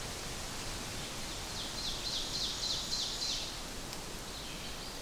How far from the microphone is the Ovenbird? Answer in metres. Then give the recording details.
about 50 m. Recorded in boreal forest in Alberta, Canada, on 4 June 2016 at 05:55. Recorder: SongMeter 3, array SBT-3-51. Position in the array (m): 274 m, 125 m. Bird 28